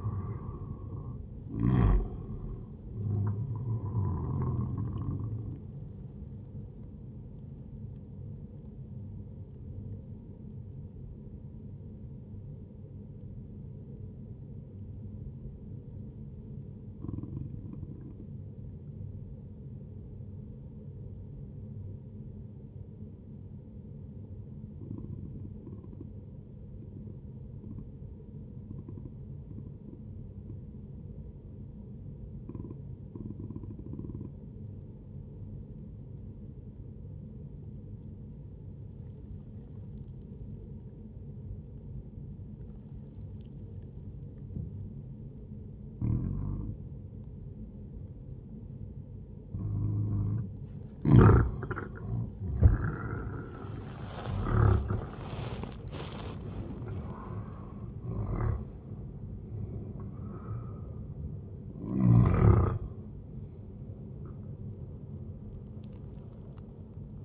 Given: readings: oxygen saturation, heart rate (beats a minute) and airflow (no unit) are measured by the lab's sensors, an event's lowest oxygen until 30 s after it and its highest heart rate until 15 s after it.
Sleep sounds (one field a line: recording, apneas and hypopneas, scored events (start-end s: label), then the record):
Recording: breathing in sleep by a smartphone at the bedside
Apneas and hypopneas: 1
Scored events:
13.00-47.80 s: obstructive apnea (N1, oxygen 98% highest, then 94% lowest, heart rate 65 at the start, 81 highest)
From the record:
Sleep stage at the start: N1 (lightest sleep)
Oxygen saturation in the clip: 92 to 98%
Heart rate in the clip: 61 to 81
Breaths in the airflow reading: 7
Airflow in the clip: -10.4 to 13.1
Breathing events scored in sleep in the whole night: 131 in 7.2 hours asleep